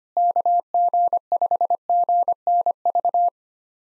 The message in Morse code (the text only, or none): KG5GNV